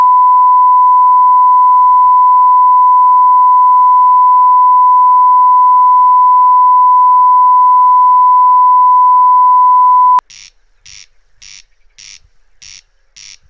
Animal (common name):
Corn Crake